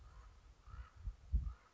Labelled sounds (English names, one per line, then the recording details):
Common Raven
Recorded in Sonoma County, California